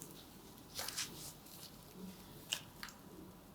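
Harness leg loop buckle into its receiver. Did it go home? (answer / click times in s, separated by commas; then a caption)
no / none. A therapist handles the second leg-loop buckle of a safety harness as it is brought toward its receiver. Soft rustling and scraping sounds come around 0.8–1.0 s, with brief sharp ticks near 2.5 s and 2.8 s. The buckle has not snapped in yet, and nothing has seated or clicked.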